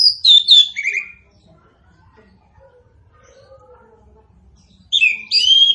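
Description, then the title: Orange-headed thrush song: rich whistled, warbling phrases sweeping down between high notes, one phrase at the start and another near the end after a quiet gap. Bird singing persistently (gacor); also called punglor kembang; song described as ngeplong. "Anis Kembang Gacor. Anis Kembang Punglor Kembang Ngeplong"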